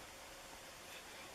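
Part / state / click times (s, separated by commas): crimped wire pin into plastic multi-pin connector housing / not seated / none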